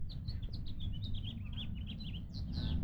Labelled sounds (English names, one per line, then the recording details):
House Finch song
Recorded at Lynbrook on Long Island, New York, on 17 June 1975
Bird B